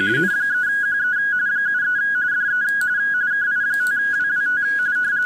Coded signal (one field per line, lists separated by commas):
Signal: RTTY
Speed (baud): 45.45 baud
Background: speech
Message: N3QE 73 DE KI5WWT